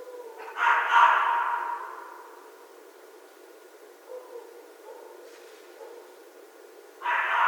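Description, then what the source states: Red fox making one loud, rasping call, some faint short notes in the quiet middle, then another harsh call cut off at the end. Recorded in 2012.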